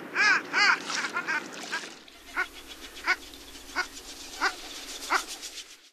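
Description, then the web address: Long-tailed duck calls: nasal, yodelling notes, a loud pair at the start, then shorter clipped calls repeated at fairly regular intervals. North America. "Songs of Birds of North America Stokes. Oldsquaw"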